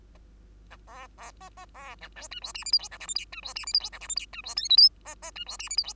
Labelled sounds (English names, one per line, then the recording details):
Bengalese Finch song
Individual Bird2